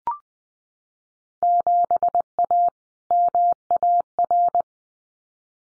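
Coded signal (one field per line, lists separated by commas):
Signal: Morse code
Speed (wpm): 20 wpm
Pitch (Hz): 700 Hz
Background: none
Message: 7A MAR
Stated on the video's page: Field Day contest exchange drill at 20 wpm, each exchange sent in Morse code, spoken, then sent again for head-copy practice.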